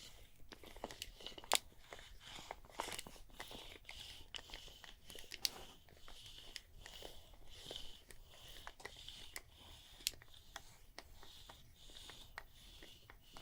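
A no-talking massage on the neck and shoulders, made of dense, continuous rubbing and skin friction with a steady bright hiss. Sharp little clicks and crinkly snaps pop out irregularly, strongest near two, five and a half, and ten seconds, over a faint low hum.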